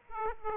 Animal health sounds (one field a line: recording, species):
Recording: mosquito wingbeat signal from an infrared sensor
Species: Aedes aegypti